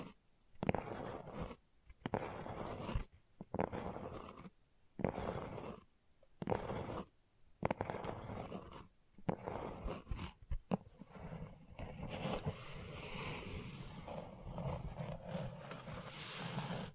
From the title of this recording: ASMR Gentle Scratching